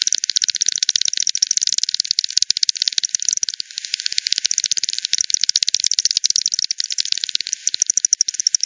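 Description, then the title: Bats produce continuous streams of sharp, fast clicks, with a brief quieter patch midway. "WW bat 20201007 T 18 : 10 Z-Hogsmill-Lane-Hogsmill-River-multiple-bats"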